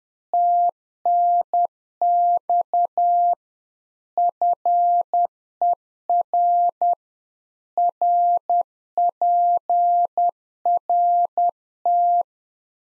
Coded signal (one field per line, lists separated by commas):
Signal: Morse code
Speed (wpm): 10 wpm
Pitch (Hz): 700 Hz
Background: none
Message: TNX FER RPRT